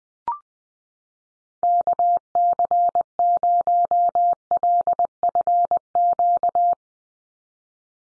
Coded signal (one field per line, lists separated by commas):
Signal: Morse code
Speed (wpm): 20 wpm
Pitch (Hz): 700 Hz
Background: none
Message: KC0LFQ